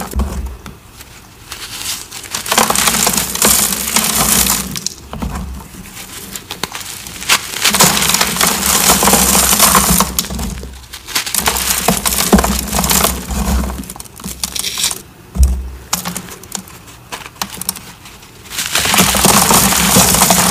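Cornstarch crunchies being crushed in dense, crackling bursts that fill most of the clip, bright and gritty with a low thumping underneath. Brief pauses break the crunching around 2.5, 5, 11, 15 and 18.5 seconds before it resumes at full strength.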